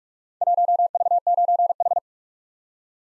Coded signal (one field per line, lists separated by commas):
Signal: Morse code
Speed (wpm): 46 wpm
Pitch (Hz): 700 Hz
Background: none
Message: 1V9H